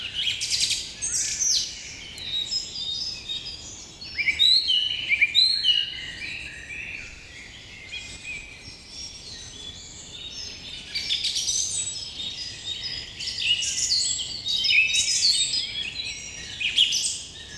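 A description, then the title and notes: Forest birdsong fills the air, with many birds chirping and trilling at once in high, bright calls. The chorus swells in bursts around the first two seconds, near four to six, and again from about eleven to seventeen. A soft low rumble sits underneath throughout. Quiet Relaxing Forest Bird Singing Ambient Sounds.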